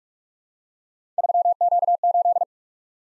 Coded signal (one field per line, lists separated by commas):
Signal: Morse code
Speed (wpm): 44 wpm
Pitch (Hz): 700 Hz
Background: none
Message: 3Q8